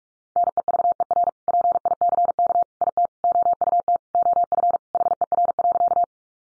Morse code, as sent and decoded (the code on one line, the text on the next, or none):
-. . ...- . .-. / .--. .. -.-. -.- / .. - / --- ..- - / --- ..-. / .... . .-. .-.-.-
NEVER PICK IT OUT OF HER.